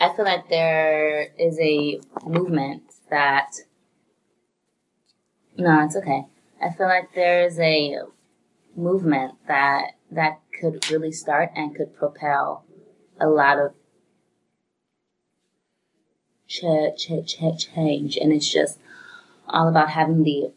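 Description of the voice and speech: An adult who stutters, speaking in conversation. The speech is stuttered, with prolonged sounds, long silent blocks, a restarted sentence, and repeated initial sounds, as in "ch-ch-change".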